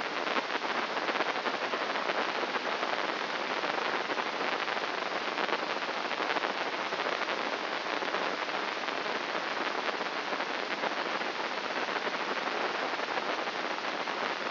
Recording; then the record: brain microelectrode recording played as sound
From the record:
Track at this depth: inside the subthalamic nucleus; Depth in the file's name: 5.029 mm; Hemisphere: left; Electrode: 3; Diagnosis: Parkinson's disease